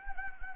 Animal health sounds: mosquito wingbeat signal from an infrared sensor; Anopheles gambiae

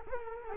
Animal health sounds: mosquito wingbeat signal from an infrared sensor; Culex quinquefasciatus

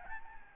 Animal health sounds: mosquito wingbeat signal from an infrared sensor; Aedes albopictus

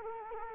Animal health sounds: mosquito wingbeat signal from an infrared sensor; Culex quinquefasciatus

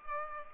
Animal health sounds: mosquito wingbeat signal from an infrared sensor; Aedes aegypti

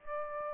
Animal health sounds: mosquito wingbeat signal from an infrared sensor; Aedes aegypti

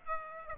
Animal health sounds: mosquito wingbeat signal from an infrared sensor; Aedes aegypti

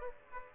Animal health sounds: mosquito wingbeat signal from an infrared sensor; Aedes aegypti

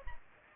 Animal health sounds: mosquito wingbeat signal from an infrared sensor; Aedes aegypti

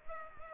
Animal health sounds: mosquito wingbeat signal from an infrared sensor; Culex pipiens

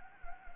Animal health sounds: mosquito wingbeat signal from an infrared sensor; Anopheles gambiae

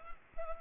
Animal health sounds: mosquito wingbeat signal from an infrared sensor; Anopheles arabiensis

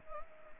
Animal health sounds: mosquito wingbeat signal from an infrared sensor; Anopheles gambiae

